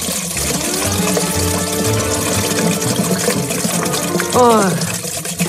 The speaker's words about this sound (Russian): Из рукомойника на пол веселыми струйками бежала вода. Маленькие потоки соединялись на полу в бурную реку и исчезали под ванной.